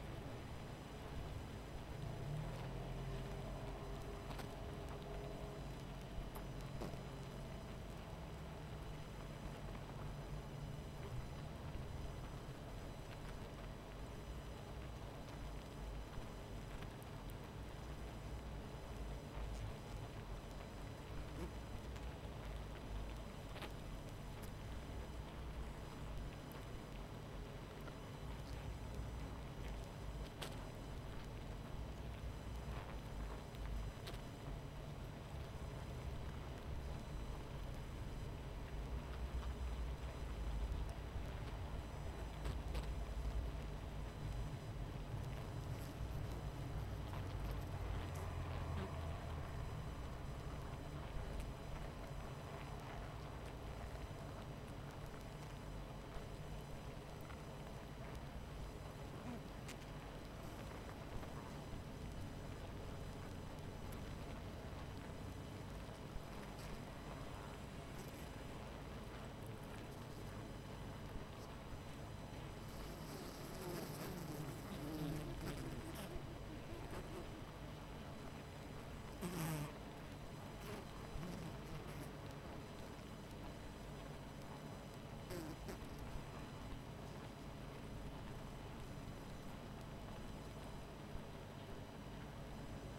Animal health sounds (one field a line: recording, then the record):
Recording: honeybee colony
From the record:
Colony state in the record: missing queen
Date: 14 July 2017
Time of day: 23:15